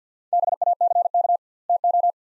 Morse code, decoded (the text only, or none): BACK TO